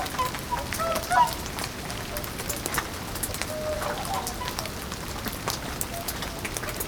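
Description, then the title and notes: Whooper swan calls, a few faint honking, trumpet-like notes in a short cluster early on and again later, over steady rain throughout. Distant whooper swans calling on the Peenestrom near Zemitz, Germany, in rain; recorded with a TASCAM DR100MKII internal microphone. "Zemitz, Deutschland - Singschwäne bei Regen/whooper swans in the rain. Singschwäne (entfernt) am Peenestrom bei Regen"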